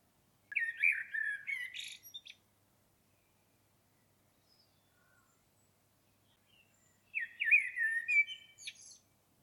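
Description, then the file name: Common blackbird song, two separate phrases with several seconds of silence between, each a rich fluty warble followed by high scratchy twittering. "Turdus merula"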